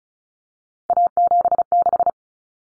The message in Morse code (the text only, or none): A76